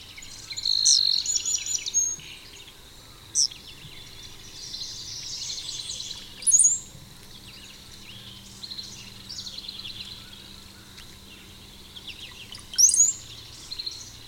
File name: Tyrannus tyrannus - Eastern Kingbird